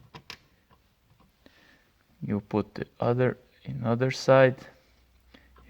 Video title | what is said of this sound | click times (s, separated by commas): Škoda Superb 3 screen and radio removal | you will hear the click | 0.3 s